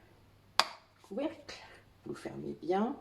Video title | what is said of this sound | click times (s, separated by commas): Gel nettoyant WC | voilà, ça s'enclenche. | 0.6 s